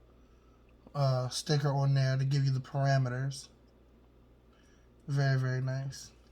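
A Tacticon Battlelight rechargeable flashlight is handled near its charging mount while someone talks, with faint handling sounds between the words. Nothing has seated or clicked yet; the flashlight is not yet home in the mount, whose click would signal that it is charging.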